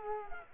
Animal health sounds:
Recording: mosquito wingbeat signal from an infrared sensor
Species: Culex quinquefasciatus

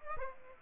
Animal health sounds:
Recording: mosquito wingbeat signal from an infrared sensor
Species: Aedes aegypti

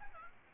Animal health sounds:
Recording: mosquito wingbeat signal from an infrared sensor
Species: Aedes albopictus

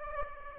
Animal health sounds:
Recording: mosquito wingbeat signal from an infrared sensor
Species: Aedes aegypti

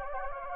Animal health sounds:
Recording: mosquito wingbeat signal from an infrared sensor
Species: Anopheles gambiae

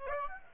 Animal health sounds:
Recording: mosquito wingbeat signal from an infrared sensor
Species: Aedes aegypti

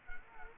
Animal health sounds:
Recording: mosquito wingbeat signal from an infrared sensor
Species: Culex quinquefasciatus

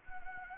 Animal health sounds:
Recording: mosquito wingbeat signal from an infrared sensor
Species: Anopheles gambiae

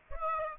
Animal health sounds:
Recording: mosquito wingbeat signal from an infrared sensor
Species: Aedes aegypti

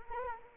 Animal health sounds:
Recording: mosquito wingbeat signal from an infrared sensor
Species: Anopheles arabiensis

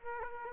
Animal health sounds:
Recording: mosquito wingbeat signal from an infrared sensor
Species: Aedes aegypti

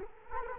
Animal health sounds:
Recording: mosquito wingbeat signal from an infrared sensor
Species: Culex quinquefasciatus

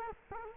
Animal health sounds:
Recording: mosquito wingbeat signal from an infrared sensor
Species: Culex quinquefasciatus

